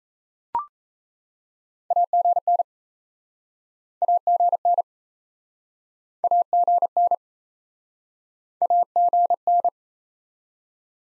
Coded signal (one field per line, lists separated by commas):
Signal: Morse code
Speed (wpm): 39 wpm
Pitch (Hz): 700 Hz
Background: none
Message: AGN AGN AGN AGN